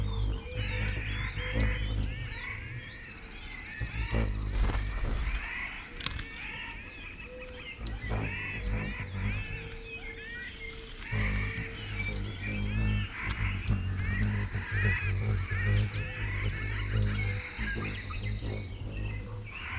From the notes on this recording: Pipestone Canyon in Eastern Washington